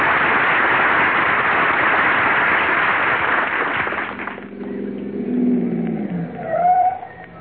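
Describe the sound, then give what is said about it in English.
In a scene from The Jack Benny Program, a car drives up with a steady, loud rush of engine and road noise that suddenly drops away as it stops, leaving a low idling hum and a few brief tonal squeaks. “No, I'll wait out here in the car.”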